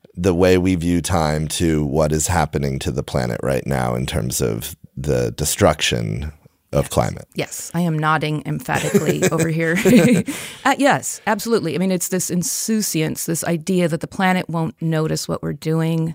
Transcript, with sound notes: the way we view time to what is happening to the planet right now in terms of the destruction of climate?
Yes. I am nodding emphatically over here. [Laughter] Yes, absolutely. It’s this insouciance, this idea that the planet won’t notice what we’re doing